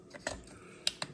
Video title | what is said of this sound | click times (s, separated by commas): How To Install Windshield Wiper Motor On 2017 F150 ￼#howto #michigan #truck | there it goes. I heard it click, and then we push in the little brown thing. | 0.9 s